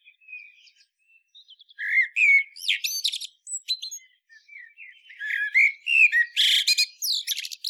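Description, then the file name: Common blackbird singing, soft low whistles building into richer fluted phrases, then high scratchy chatters and squeaks, delivered in loose, irregular bursts. "Turdus merula"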